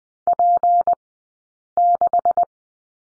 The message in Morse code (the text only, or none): P6